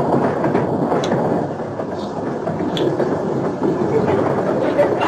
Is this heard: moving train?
yes